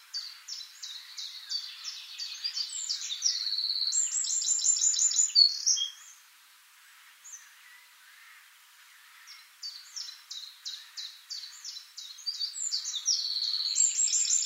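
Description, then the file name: Eurasian wren song: fast high ticking trills and rattles, a quieter gap of about three and a half seconds, then another rapid trilling phrase. "Troglodytes troglodytes"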